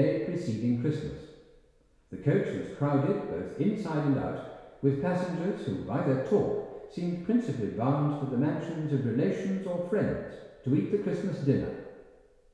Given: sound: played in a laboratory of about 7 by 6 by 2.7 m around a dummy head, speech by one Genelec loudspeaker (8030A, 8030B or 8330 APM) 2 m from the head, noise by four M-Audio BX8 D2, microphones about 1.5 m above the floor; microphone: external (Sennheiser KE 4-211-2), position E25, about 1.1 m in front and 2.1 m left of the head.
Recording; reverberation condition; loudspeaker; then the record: male speech in English; high; 60 degrees to the left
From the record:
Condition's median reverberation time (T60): about 1300 ms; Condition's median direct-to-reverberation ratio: about -4.0 dB